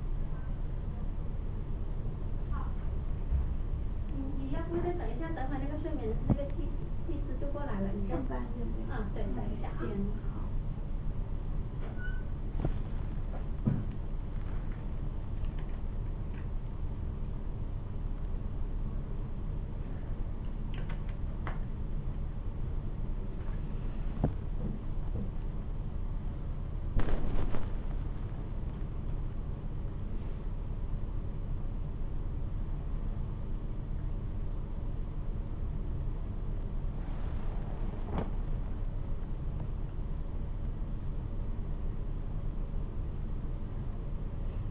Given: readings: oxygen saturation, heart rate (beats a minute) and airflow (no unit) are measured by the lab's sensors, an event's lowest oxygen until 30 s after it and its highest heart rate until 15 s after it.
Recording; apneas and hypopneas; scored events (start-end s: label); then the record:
a person awake in a sleep study, by a smartphone at the bedside; none
0.00-44.71 s: awake
From the record:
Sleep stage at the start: awake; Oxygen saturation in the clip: 96 to 97%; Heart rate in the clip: 77 to 98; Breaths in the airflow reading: 9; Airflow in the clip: -8.6 to 11.7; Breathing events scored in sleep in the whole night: 228 in 5.4 hours asleep